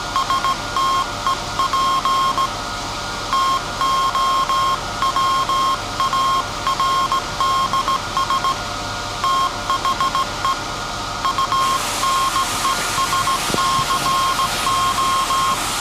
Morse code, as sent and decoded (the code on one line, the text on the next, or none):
... - . .--. / - --- .-- .- .-. -.. ... / - .... . / ..- -. . ... -.-. ---
STEP TOWARDS THE UNESCO